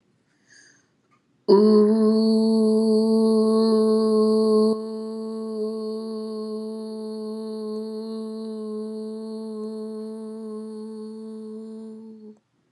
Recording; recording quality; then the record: sustained vowel as in boot; excellent, no background noise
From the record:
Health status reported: healthy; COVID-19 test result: negative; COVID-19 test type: RT-PCR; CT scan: not taken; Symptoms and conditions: cold, sore throat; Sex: female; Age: 35 years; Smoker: no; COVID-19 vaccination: both doses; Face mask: not worn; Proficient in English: yes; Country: United States